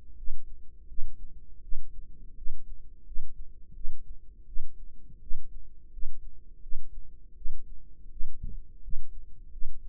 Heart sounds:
heart sounds by microphone in the right ear; 83 bpm
0.16 s: heartbeat
0.88 s: heartbeat
1.62 s: heartbeat
2.36 s: heartbeat
3.05 s: heartbeat
3.74 s: heartbeat
4.47 s: heartbeat
5.21 s: heartbeat
5.92 s: heartbeat
6.62 s: heartbeat
7.36 s: heartbeat
8.10 s: heartbeat
8.82 s: heartbeat
9.51 s: heartbeat
From the record:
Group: healthy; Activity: rest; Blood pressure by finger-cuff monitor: 107/71 mmHg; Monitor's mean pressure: 80 mmHg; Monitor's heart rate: 82 bpm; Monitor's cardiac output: 6.3 L/min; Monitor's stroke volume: 76 mL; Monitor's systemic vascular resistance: 910 dyn s/cm5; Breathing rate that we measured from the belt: 21 breaths a minute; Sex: female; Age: 22 years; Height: 163 cm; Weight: 67.1 kg

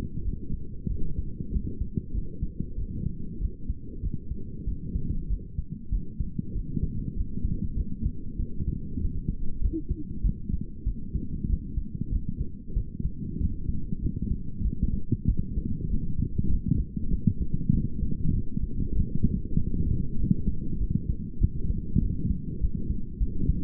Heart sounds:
heart sounds by stethoscope; 97 bpm
0.23 s: heartbeat
0.88 s: heartbeat
1.51 s: heartbeat
2.12 s: heartbeat
2.76 s: heartbeat
3.39 s: heartbeat
4.01 s: heartbeat
4.65 s: heartbeat
5.28 s: heartbeat
5.90 s: heartbeat
6.53 s: heartbeat
7.14 s: heartbeat
7.75 s: heartbeat
8.37 s: heartbeat
8.99 s: heartbeat
9.60 s: heartbeat
10.22 s: heartbeat
10.84 s: heartbeat
11.47 s: heartbeat
12.10 s: heartbeat
12.74 s: heartbeat
13.39 s: heartbeat
14.00 s: heartbeat
14.62 s: heartbeat
15.26 s: heartbeat
15.88 s: heartbeat
16.48 s: heartbeat
17.09 s: heartbeat
17.71 s: heartbeat
18.32 s: heartbeat
18.93 s: heartbeat
19.55 s: heartbeat
20.18 s: heartbeat
20.78 s: heartbeat
21.39 s: heartbeat
22.00 s: heartbeat
22.59 s: heartbeat
23.18 s: heartbeat
From the record:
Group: healthy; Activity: light exercise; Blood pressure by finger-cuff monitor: 150/75 mmHg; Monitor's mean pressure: 99 mmHg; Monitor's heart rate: 97 bpm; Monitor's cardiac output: 9.6 L/min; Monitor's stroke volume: 100 mL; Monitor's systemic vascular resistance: 770 dyn s/cm5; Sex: female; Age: 22 years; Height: 154 cm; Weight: 58.7 kg

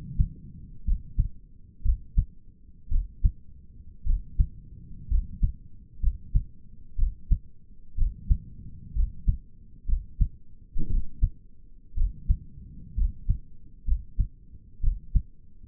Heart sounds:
heart sounds by stethoscope; 60 bpm
0.86 s: heartbeat
1.84 s: heartbeat
2.91 s: heartbeat
4.06 s: heartbeat
5.10 s: heartbeat
6.02 s: heartbeat
6.98 s: heartbeat
7.97 s: heartbeat
8.95 s: heartbeat
9.88 s: heartbeat
10.90 s: heartbeat
11.97 s: heartbeat
12.97 s: heartbeat
13.87 s: heartbeat
14.83 s: heartbeat
From the record:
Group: healthy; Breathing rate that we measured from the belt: 15 breaths a minute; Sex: male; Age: 22 years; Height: 181 cm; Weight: 79 kg

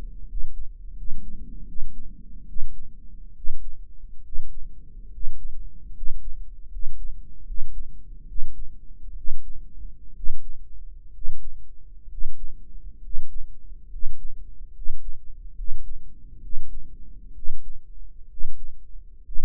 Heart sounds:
heart sounds by microphone in the right ear; 70 bpm
0.27 s: heartbeat
0.96 s: heartbeat
1.66 s: heartbeat
2.47 s: heartbeat
3.34 s: heartbeat
4.23 s: heartbeat
5.10 s: heartbeat
5.92 s: heartbeat
6.69 s: heartbeat
7.45 s: heartbeat
8.26 s: heartbeat
9.14 s: heartbeat
10.13 s: heartbeat
11.11 s: heartbeat
12.07 s: heartbeat
13.00 s: heartbeat
13.88 s: heartbeat
14.71 s: heartbeat
15.54 s: heartbeat
16.40 s: heartbeat
17.32 s: heartbeat
18.27 s: heartbeat
19.22 s: heartbeat
From the record:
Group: healthy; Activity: rest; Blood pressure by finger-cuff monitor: 109/71 mmHg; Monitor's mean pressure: 81 mmHg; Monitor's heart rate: 68 bpm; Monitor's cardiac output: 6.4 L/min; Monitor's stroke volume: 89 mL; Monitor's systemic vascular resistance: 930 dyn s/cm5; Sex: male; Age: 23 years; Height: 178 cm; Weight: 96.6 kg

